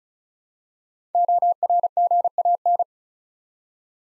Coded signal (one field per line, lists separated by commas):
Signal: Morse code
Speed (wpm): 36 wpm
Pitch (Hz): 700 Hz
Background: none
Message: ORGAN